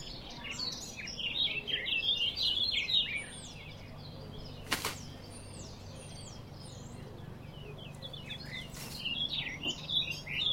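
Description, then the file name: Eurasian blackcap warbling in two bursts, one at the start and one at the end, with a few thin high notes and two sharp clicks between. "Sylvia atricapilla"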